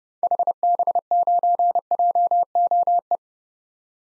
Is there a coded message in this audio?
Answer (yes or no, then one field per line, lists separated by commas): yes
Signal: Morse code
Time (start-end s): 0.2-3.2 s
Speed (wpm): 30 wpm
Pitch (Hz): 700 Hz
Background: none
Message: HB9JOE